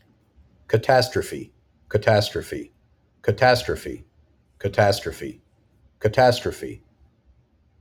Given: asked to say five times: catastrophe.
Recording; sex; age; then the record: repeated word; male; 20 to 29 years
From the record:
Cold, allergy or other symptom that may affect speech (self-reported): no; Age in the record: 26 years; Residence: Florida, United States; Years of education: 18